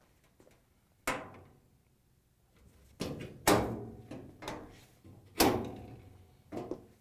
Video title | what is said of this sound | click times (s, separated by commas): How To: Whirlpool/KitchenAid/Maytag Adjustable Cycling Thermostat WP694674 | and then you can rotate it up and snap in place making sure that these little clips go into the holes in the frame | 1.1 s, 3.5 s, 5.4 s